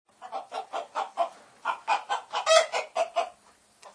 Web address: chicken